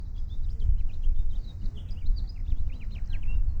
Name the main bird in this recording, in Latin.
Haemorhous mexicanus